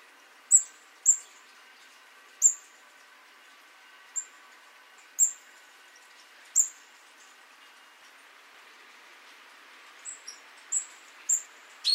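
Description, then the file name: Great tit uttering brief, piercing high notes, mostly single or paired, at uneven intervals, with a quicker run of softer notes toward the end. "Parus major"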